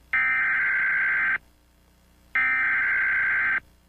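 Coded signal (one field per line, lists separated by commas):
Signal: Emergency Alert System (SAME) tones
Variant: header bursts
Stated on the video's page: Fictional EAS scenario themed on The Powerpuff Girls.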